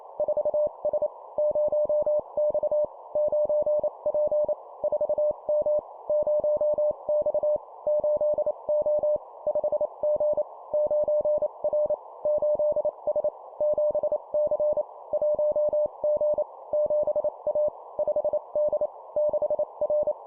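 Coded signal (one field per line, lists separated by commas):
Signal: Morse code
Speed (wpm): 28 wpm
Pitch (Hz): 600 Hz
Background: none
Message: 4S 0X 9P 4M 0X 8O 5G 9R 8S 7C 1G 7A 5D 6R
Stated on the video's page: Morse code practice at 25 WPM, two-letter words and numbers.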